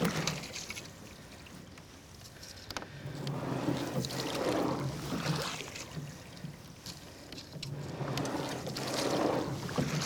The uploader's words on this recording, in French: C'est le skiff ! Sur la tête d'une rameuse, prise de son binaural, au rythme de croisière d'un entrainement.